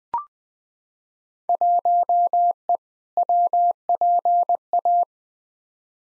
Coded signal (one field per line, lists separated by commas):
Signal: Morse code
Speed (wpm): 20 wpm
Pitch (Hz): 700 Hz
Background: none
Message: 1E WPA